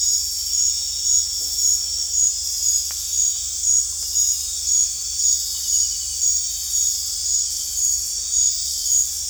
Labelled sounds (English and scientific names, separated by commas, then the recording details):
none
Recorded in dense forest near Puerto Asís, Putumayo, Colombia, on 20 December 2024 at 20:00
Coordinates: 0.467, -76.328
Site GP05